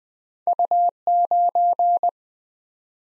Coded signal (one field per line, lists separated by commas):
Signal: Morse code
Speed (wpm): 20 wpm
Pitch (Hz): 700 Hz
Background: none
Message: U9